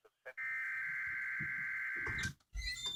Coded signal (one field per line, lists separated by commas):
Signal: Emergency Alert System (SAME) tones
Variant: header bursts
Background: speech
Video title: Required Weekly Test (EAS 446)